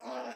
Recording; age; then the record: pig call; piglet (1 to 25 days)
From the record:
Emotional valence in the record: negative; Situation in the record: restrain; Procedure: in the arms of a person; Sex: female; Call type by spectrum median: low-frequency call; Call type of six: low-frequency stable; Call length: 0.35 s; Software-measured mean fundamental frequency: 79 Hz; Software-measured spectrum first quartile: 543 Hz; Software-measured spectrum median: 773 Hz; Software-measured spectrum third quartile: 1369 Hz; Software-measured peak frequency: 644 Hz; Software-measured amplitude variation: 91 dB a second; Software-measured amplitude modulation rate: 15.7 a second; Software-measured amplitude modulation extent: 5.8 dB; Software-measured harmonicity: 0.8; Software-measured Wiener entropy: -0.71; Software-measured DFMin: 1327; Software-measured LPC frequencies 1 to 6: 660, 2598, 4081, 4874, 5548, 7884 Hz